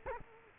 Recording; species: mosquito wingbeat signal from an infrared sensor; Culex quinquefasciatus